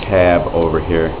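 The tag of an all-in-one plastic light clip, which needs no metal or tools, is brought over by hand toward the clip's lock underneath while someone talks throughout. Nothing has seated or clicked yet in this clip.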